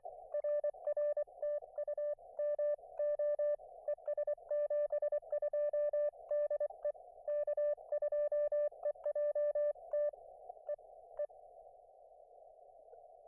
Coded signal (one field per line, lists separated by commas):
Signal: Morse code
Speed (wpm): 24 wpm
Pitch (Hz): 590 Hz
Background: none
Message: RR TU MO ES 72 DE K2EJT E E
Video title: A little unplanned POTA at US-5221